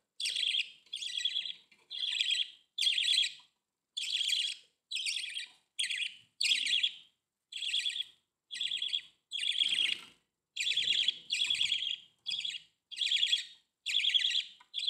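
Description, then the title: Budgerigar chirping calls, short buzzy warbled notes repeated about once a second in a steady run throughout. "Budgie Sounds"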